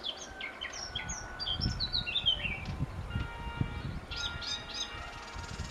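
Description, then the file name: Eurasian blackcap warbling a quick run of varied, descending chirpy notes, then a few more after a pause, over steady tones and low rumbling noise. "Sylvia atricapilla"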